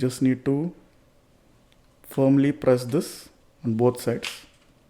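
Someone talks while the plastic back cover of a Mahindra XUV 700 key fob, with a new coin cell fitted, is held ready to be pressed firmly on both sides onto the key fob housing. Nothing has seated or clicked yet; the cover is not closed by the end of the clip.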